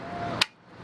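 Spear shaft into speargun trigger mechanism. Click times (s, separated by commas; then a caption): 0.4 s. A metal spear shaft is pushed fully into a speargun's trigger mechanism and locks in place with a short, sharp click at 0.4 s. It stands out over a steady, noisy background. Afterwards the shaft is seated and will not pull out.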